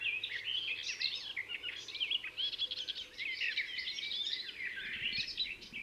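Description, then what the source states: Garden warbler song, an unbroken stream of fast, mellow warbled notes over gentle background noise. Encounter with the bird; discreet in plumage but a marvellous singer.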